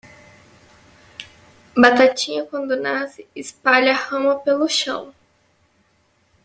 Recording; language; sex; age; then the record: short text; Brazilian Portuguese; female; 20 to 29 years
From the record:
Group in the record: control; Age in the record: 23 years